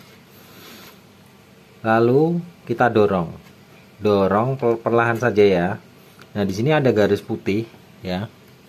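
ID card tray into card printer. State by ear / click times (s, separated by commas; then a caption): not seated / none. A plastic ID card tray is being handled and pushed slowly into a card printer, with faint handling noise under the speech. Someone talks throughout the clip. The tray has not locked or clicked into place yet.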